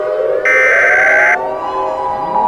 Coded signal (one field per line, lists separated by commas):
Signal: Emergency Alert System (SAME) tones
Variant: header bursts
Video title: EAS Scenario: 2020. Year of the End. (New Year Special!)